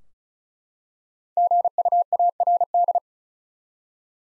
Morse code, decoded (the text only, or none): GUARD